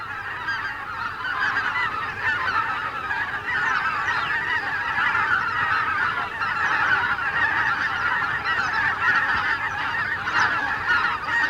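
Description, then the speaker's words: Greater white-fronted goose: greater white-fronted geese calling as a huge flock, a continuous dense din of overlapping yelping honks without pause throughout. Flocks of thousands of geese flying over a river island, making a great din. "Какой гвалт! Это тысячные стаи белолобых гусей носятся"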